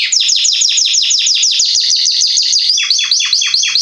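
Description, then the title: Belgian canary song: a dense, rapid run of sweeping down-slurred notes, shifting partway into a slightly lower repeated pattern. Male Belgian canary named Salsa singing very strongly and a lot; used to warm up young birds. "Canary Training Esquente Seu Filhote E Canario Belga Macho Cantando Muito. Canrio Belga Salsa cantando muito forte"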